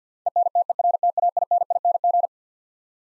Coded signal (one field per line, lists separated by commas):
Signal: Morse code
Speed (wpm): 50 wpm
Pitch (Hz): 700 Hz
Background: none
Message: ENTERTAINING